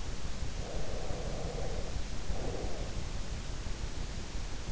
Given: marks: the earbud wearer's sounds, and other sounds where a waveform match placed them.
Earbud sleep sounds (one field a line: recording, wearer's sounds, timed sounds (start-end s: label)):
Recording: sounds in sleep by an in-ear microphone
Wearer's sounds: breath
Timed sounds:
0.21-3.68 s: breath